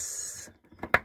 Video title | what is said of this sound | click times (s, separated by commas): Présentation du Vélomobile Alleweder A4 modifié en version solaire | Élastique là. Clipse et un autre. | 0.9 s